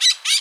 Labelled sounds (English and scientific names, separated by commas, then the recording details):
Brown-throated Parakeet (Eupsittula pertinax) contact call
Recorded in Bonaire
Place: just S of turnoff to Cai, near Lac Bay
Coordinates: 12.126, -68.239